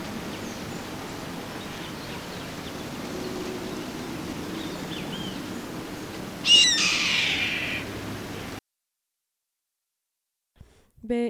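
Bird giving one harsh, raspy screech lasting about a second over steady background hiss, followed by a stretch of silence and a brief clipped sound at the end.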